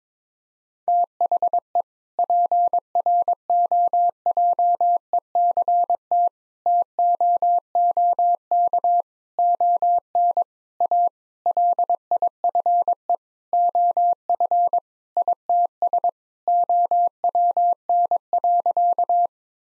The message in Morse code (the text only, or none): THE PROJECT TOOK ON A LIFE OF ITS OWN.